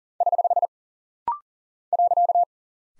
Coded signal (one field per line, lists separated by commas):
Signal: Morse code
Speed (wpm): 39 wpm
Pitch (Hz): 700 Hz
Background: none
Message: <HH> .